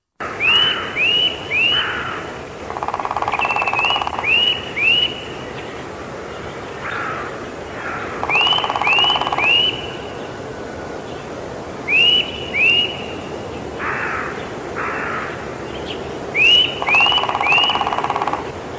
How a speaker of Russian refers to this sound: Сегодня к нам в форточку влетел поползень. Небольшая, очень шустрая и смелая птичка.